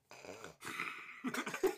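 Raspy, wheezy breaths from an adult dog, like a ghost wheezing; this is its usual breathing noise and the dog is fine.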